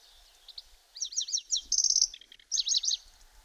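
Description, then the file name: Pallas's Grasshopper Warbler singing a brief high phrase: a few soft notes, a quick zigzag trill, a bright buzzy whistle, and a closing rippling trill. "Zvuki ptic - Pevchij sverchok"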